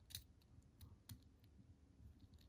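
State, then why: Not seated. The second half of a watch band is handled at the opposite slot on the case of a graphite stainless steel 44 mm Apple Watch Series 6, with a few short, sharp clicks and ticks over a low background rumble. The loudest transients come at about 0.2 s and 1.1 s, but the band half has not clicked into its slot yet.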